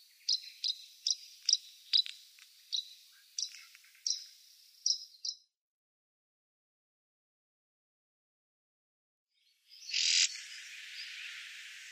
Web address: Schulze Peter Graceful Prinia calls